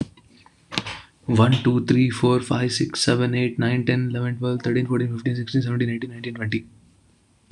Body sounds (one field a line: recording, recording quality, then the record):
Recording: counting at a fast pace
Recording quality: excellent, no background noise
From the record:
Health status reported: exposed to COVID-19, no respiratory illness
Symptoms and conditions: none ticked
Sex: male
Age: 30 years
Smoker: not ticked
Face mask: not worn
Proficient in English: yes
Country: India